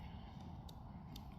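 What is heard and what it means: A golf bag's setup strap is threaded under the mount of a four-wheel folding golf push cart, and its buckle is fastened over a steady low rumble. Two sharp clicks sound at 0.7 s and 1.2 s as the buckle locks into place, leaving the bag secure on the cart.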